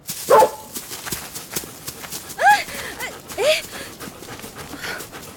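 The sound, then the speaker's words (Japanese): A golden retriever named Sunny, about the size of a child, walking quickly ahead on a leash, lets out three short, mid-pitched barks spaced a second or so apart, with quick, breathy panting and scuffling filling the gaps between them. “子供の大きさほどのゴールデンレトリバーは私の先を早歩きで進んでいく。”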